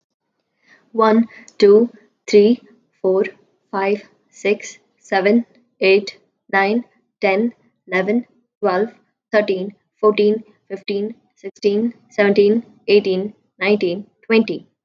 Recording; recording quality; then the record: counting at a normal pace; excellent, no background noise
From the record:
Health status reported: healthy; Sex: female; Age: 21 years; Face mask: not worn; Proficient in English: yes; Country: India